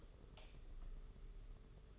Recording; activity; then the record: daily activity, microphone in the room; light off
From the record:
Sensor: 4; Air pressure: 991.8 hPa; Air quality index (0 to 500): 98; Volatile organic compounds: 11 ppm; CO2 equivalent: 2285 ppm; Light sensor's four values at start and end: 9/25/9/11 and 7/16/6/6